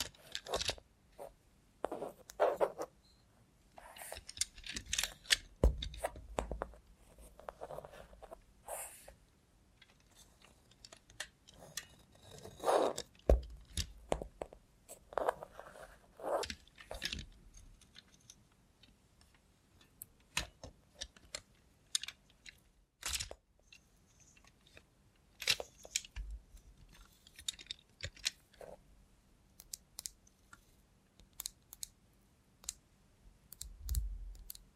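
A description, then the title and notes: An ASMR session with a robot hand, no talking: a steady run of short clicks, taps and scratchy rustles, irregular and fairly dense throughout. Sharp bright snaps stand out around 13, 23 and 26 seconds, with a faint low hum underneath. Try ASMR with a Robot Hand (No Talking).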